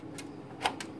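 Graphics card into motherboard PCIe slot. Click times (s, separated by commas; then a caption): 0.7 s. A graphics card is pushed straight down into the PCIe expansion slot on the motherboard of a small Dell OptiPlex 3040 desktop PC. Softer ticks come at about 0.2 s and 0.8 s, and the sharpest, loudest click at 0.7 s is the slot's retention latch catching. The card is seated.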